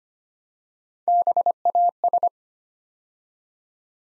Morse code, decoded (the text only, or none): BAS